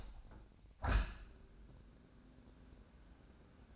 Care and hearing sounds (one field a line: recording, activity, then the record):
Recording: daily activity, microphone in the room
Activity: open window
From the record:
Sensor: 2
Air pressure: 1012.2 hPa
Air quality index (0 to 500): 122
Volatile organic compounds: 1 ppm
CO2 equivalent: 907 ppm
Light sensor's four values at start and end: 112/267/110/109 and 111/266/110/109